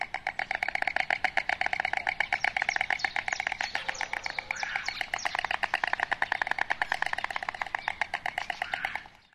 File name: ciconia ciconia